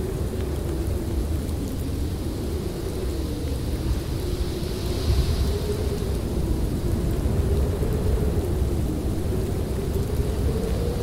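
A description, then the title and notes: A snowstorm roars steadily, a dense low rumble of wind filling the whole stretch without pause. A faint howling tone wavers slowly above the rumble, rising near the end, and a soft hiss of blowing snow rises slightly around the middle. Snowstorm.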